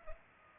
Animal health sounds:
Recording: mosquito wingbeat signal from an infrared sensor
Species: Culex pipiens

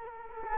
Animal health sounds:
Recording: mosquito wingbeat signal from an infrared sensor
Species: Culex quinquefasciatus

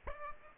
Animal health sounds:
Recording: mosquito wingbeat signal from an infrared sensor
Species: Aedes aegypti

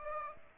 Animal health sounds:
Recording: mosquito wingbeat signal from an infrared sensor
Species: Aedes aegypti

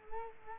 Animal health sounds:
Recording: mosquito wingbeat signal from an infrared sensor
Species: Culex quinquefasciatus

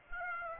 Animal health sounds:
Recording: mosquito wingbeat signal from an infrared sensor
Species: Aedes aegypti

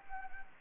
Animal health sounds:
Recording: mosquito wingbeat signal from an infrared sensor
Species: Anopheles gambiae

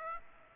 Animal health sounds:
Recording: mosquito wingbeat signal from an infrared sensor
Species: Aedes aegypti

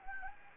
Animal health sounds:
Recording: mosquito wingbeat signal from an infrared sensor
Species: Anopheles gambiae

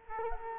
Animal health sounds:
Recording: mosquito wingbeat signal from an infrared sensor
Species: Culex quinquefasciatus

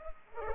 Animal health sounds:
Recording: mosquito wingbeat signal from an infrared sensor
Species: Culex pipiens

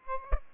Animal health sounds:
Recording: mosquito wingbeat signal from an infrared sensor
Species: Aedes aegypti

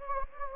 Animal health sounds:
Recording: mosquito wingbeat signal from an infrared sensor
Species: Anopheles gambiae

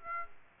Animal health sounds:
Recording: mosquito wingbeat signal from an infrared sensor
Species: Aedes aegypti

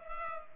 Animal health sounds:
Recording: mosquito wingbeat signal from an infrared sensor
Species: Culex pipiens

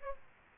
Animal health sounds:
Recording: mosquito wingbeat signal from an infrared sensor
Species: Aedes aegypti

